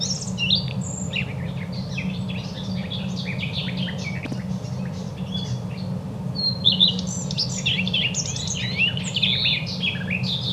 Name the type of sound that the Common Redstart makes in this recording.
song